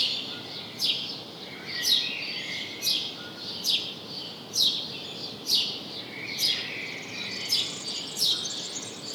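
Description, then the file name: House sparrow chirping, short bright chirps repeated roughly once a second, with a steady background hiss. "Passer domesticus"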